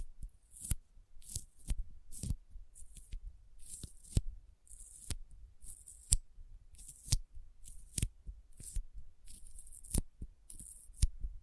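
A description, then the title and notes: Sticky finger sounds: sharp tacky clicks and peeling snaps about every half second, each with a bright hiss, over a faint low rumble. ASMR Intense Sticky Finger Sounds (No Talking).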